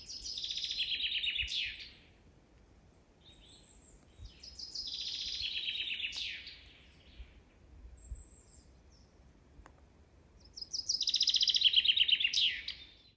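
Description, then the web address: Common chaffinch singing three bright, descending rattling phrases, the first two ending in a flourish, spaced about four to seven seconds apart, with faint low rumble beneath. "linnut peipponen"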